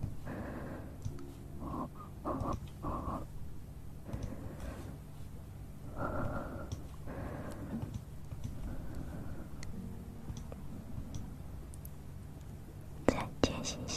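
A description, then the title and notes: Mouth sounds: wet clicks, smacks and breathy puffs come in short bursts every second or so, some with a hoarse, throaty tone. A low steady hum runs underneath throughout, and two sharp, bright clicks stand out just after thirteen seconds. Sounds close to the mouth!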